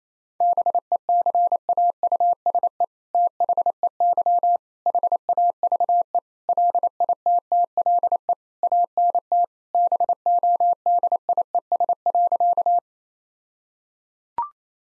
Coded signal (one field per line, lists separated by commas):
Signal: Morse code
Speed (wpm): 27 wpm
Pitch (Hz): 700 Hz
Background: none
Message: BECAUSE THEY HAVE LITTLE ANT BODIES.